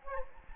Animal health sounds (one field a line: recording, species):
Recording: mosquito wingbeat signal from an infrared sensor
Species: Anopheles gambiae